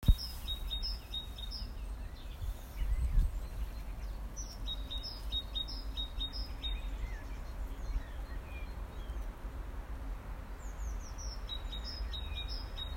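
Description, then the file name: Bird singing quick, high twittering phrases separated by pauses of several seconds, with faint softer calls between and a constant low hum; a brief thump early on. During lockdown, 26 March. "Lockdown Birdsong 26-03"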